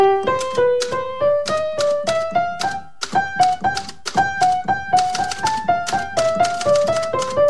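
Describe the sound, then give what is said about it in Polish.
Rapid, steady clacking of typewriter keys, struck with the left hand while copying out a text such as song lyrics, runs alongside a simple piano melody that climbs gradually in pitch, with no talking over it. “a jednocześnie lewa ręka uderza w klawisze maszyny do pisania, przepisując tekst na przykład piosenki”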